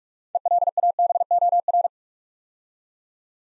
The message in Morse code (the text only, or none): ELABOR